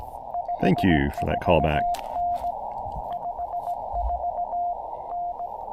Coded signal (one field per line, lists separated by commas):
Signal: Morse code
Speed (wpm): 19 wpm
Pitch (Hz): 700 Hz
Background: speech, radio noise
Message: 54N 54N